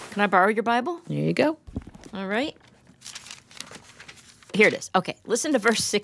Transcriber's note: pages turning